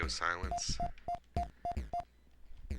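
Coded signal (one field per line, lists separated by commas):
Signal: none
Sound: game sound effect beeps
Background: speech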